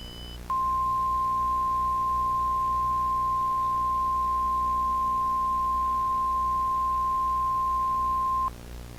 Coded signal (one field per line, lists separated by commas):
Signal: Emergency Alert System (SAME) tones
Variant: 1050 Hz attention tone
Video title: The Lost Silences Xtra-Remastered (EAS scenario)